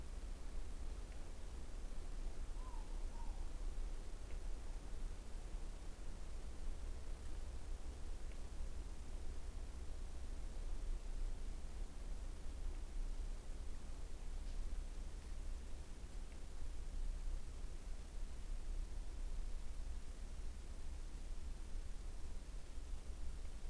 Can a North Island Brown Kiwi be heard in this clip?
no